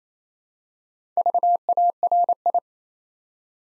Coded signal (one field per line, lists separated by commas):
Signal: Morse code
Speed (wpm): 27 wpm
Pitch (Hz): 700 Hz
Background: none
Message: VARI